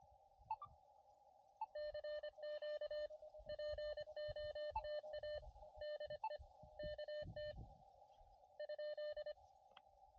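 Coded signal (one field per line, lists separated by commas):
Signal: Morse code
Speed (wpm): 25 wpm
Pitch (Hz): 600 Hz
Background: radio noise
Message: CQ POTA DE KT ?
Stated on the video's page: CW POTA park activation on an Elecraft KX2 with a Chelegance MC-750 antenna and a Pico paddle.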